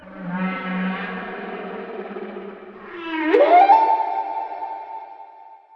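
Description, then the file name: Whale song: a buzzy low moan, then a quick upward sweep that settles into a long steady higher tone. "Canto de las ballenas"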